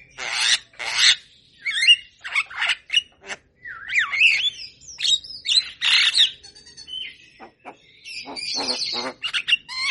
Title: Masteran & Pancingan Kicauan Jalak Kebo Gacor. Masteran Burung Jalak Kebo Gacor Manggut Manggut Bikin Burung Jalak Yang Dengar Cepat respon. Kicau Jalak Kebo